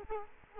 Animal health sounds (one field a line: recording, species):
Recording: mosquito wingbeat signal from an infrared sensor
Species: Culex quinquefasciatus